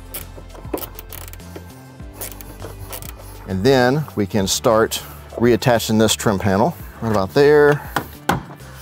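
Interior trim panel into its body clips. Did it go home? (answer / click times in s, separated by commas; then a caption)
yes / 8.3 s. An interior plastic trim panel on a diesel Gladiator is pushed back onto its body clips after the battery cable for an under-seat dual battery kit is routed behind it. Someone talks over background music, and one sharp snap is heard at 8.3 s as the panel seats onto its clips.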